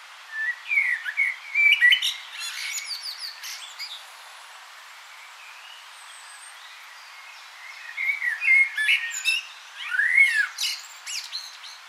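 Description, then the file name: Common blackbird song in two bursts, rich fluty notes slurring down and up, finished by scratchy high-pitched twitters, with a lull in between. "Turdus merula"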